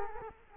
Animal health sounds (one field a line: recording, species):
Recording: mosquito wingbeat signal from an infrared sensor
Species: Culex quinquefasciatus